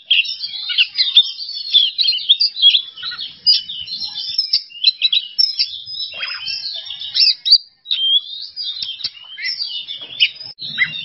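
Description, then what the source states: Oriental magpie-robin in long, continuous, energetic song, a tangle of high whistles, warbles and chatter with hardly a pause. Masteran training recording for songbirds; song style called "bongkar isian", with the bird in an excited ("emosi") state.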